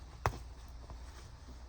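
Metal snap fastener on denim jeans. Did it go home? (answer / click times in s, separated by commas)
yes / 0.3 s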